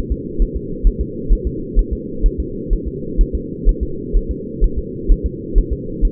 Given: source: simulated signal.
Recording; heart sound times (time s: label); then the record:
fetal heart sounds
0.12 s: S2
0.42 s: S1
0.56 s: S2
0.87 s: S1
1.01 s: S2
1.33 s: S1
1.47 s: S2
1.79 s: S1
1.93 s: S2
2.26 s: S1
2.40 s: S2
2.73 s: S1
2.88 s: S2
3.21 s: S1
3.35 s: S2
3.69 s: S1
3.83 s: S2
4.16 s: S1
4.31 s: S2
4.64 s: S1
4.78 s: S2
5.12 s: S1
5.26 s: S2
5.58 s: S1
5.73 s: S2
6.05 s: S1
From the record:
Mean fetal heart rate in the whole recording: 130 bpm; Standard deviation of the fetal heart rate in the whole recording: 4 bpm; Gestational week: 38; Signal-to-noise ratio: -4.3 dB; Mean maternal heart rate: 72 bpm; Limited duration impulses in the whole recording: present